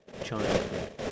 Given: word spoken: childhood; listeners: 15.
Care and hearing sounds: one English word in noise, from a listening test; noise modulated by three-talker babble; -5.7 dB; 3 of 15; 7 of 15; 0.71 s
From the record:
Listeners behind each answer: 7, 3, 2, 2, 1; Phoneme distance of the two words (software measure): 41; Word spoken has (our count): 2 syllables, 7 phonemes, stress on syllable 1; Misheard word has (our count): 2 syllables, 4 phonemes, stress on syllable 1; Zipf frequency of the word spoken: 4.31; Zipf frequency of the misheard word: 4.87

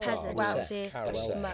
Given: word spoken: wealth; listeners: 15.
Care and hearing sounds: one English word in noise, from a listening test; four-talker babble; -2.8 dB; 0 of 15; 9 of 15; 1.14 s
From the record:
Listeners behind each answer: 9, 5, 1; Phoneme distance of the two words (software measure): 37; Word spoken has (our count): 1 syllable, 4 phonemes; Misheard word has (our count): 2 syllables, 5 phonemes, stress on syllable 1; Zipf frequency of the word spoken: 4.33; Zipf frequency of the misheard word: 3.43

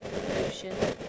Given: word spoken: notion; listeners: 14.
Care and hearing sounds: one English word in noise, from a listening test; noise modulated by three-talker babble; -7.5 dB; 1 of 14; 8 of 14; 0.69 s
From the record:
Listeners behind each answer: 8, 3, 2, 1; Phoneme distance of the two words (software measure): 7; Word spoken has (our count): 2 syllables, 4 phonemes, stress on syllable 1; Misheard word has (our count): 2 syllables, 3 phonemes, stress on syllable 1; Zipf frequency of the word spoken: 3.93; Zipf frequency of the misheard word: 4.49

